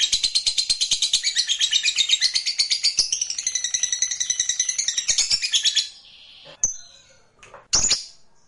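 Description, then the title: Lovebird chattering rapidly for about six seconds in high, buzzy bursts, then stopping, followed by two short sharp squawks. Played to make a lovebird that is reluctant to sing become eager and sing spontaneously. "LOVEBIRD Malas Bunyi JADI GREGET SPONTAN Langsung NARIK"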